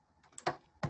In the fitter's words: and then press in to hear the click